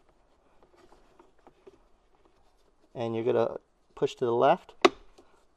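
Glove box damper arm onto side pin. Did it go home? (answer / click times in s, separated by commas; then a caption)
yes / 5.2 s. On a 2020–2024 Toyota Corolla, the plastic glove box damper arm is pushed to the left onto its side mounting pin, with faint light ticks early on while someone talks. A small click at 5.2 s shows the damper is seated on its pin.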